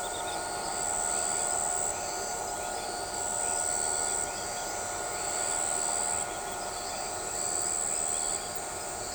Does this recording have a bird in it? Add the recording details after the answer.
no. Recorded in shrubland near Pivijay, Magdalena, Colombia, on 13 April 2023 at 23:00. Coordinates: 10.453, -74.365. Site P5-G022